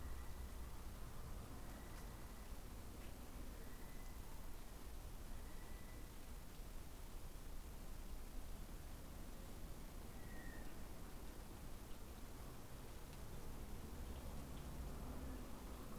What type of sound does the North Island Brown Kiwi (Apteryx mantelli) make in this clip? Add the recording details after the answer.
male call. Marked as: faintness 4/5. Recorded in New Zealand on 20 November 2013. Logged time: 21:14. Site CG22